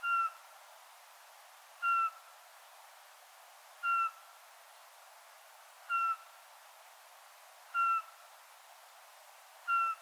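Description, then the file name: Eurasian pygmy owl repeating a single flat whistle six times at an even pace of about one note every two seconds, with light background hiss. "sperlingskauz"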